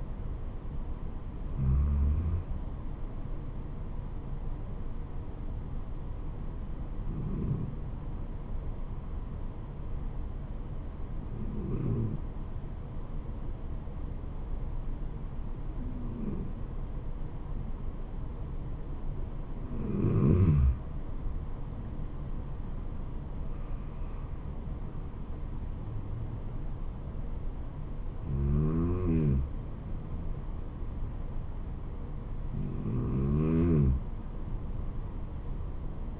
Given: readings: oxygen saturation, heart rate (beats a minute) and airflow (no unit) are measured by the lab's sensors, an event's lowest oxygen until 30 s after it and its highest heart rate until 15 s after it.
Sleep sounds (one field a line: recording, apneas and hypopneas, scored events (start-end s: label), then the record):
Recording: breathing in sleep by a smartphone at the bedside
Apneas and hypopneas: none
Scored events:
none scored
From the record:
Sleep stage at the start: N2 (light sleep)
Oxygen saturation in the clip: 92 to 94%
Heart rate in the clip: 69 to 77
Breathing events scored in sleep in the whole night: 426 in 7.4 hours asleep